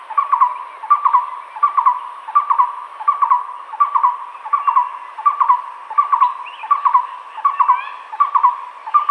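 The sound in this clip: Moustached barbet singing a steady, evenly repeated series of hooting notes in short quick groups.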